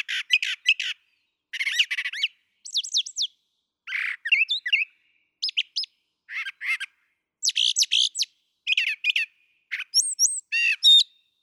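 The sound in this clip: Brown thrasher song: a long series of changing phrases, rough buzzes and high slurred whistles, many phrases doubled, with short pauses between them.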